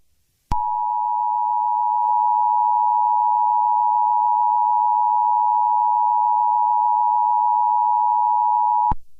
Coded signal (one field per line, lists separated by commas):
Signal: Emergency Alert System (SAME) tones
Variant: 853 and 960 Hz attention tone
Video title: EAS Scenario 36: San Andreas